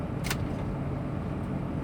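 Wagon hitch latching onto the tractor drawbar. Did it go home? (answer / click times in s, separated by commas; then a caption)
yes / 0.3 s. With a tractor's engine rumbling steadily, the tractor backs up so the wagon hitch slides onto the drawbar. A single sharp metallic click at 0.3 s marks the latch locking into place. The hitch is confirmed engaged.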